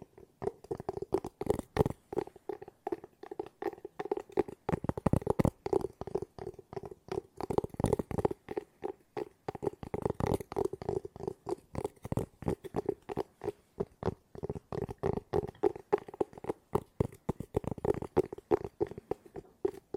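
Fast tapping with no talking runs unbroken for the whole stretch, a dense stream of quick, sharp knocks. The taps carry a hollow, mid-low tone, each one landing with a crisp click on top, and the rhythm stays busy but slightly uneven throughout.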